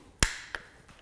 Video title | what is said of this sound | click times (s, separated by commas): BMW R80 RT to S Conversion #10 - Controls, Instruments, Mirrors & Windscreen | kind of click into place like | 0.2 s